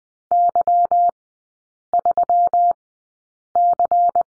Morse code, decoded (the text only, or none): Y3C